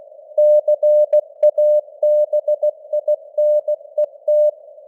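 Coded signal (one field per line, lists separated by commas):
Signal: Morse code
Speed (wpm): 16 wpm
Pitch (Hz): 600 Hz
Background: none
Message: CABINET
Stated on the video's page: News headlines sent at 16 wpm with simulated radio noise and varying signal strength (QSB).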